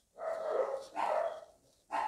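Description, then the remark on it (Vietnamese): A dog barks three times, each bark drawn out and mid-pitched with a rough edge. The first two are long, the last is cut short, with brief gaps between and no talking. “Ví dụ bây giờ mình nghe cái tiếng chó sủa”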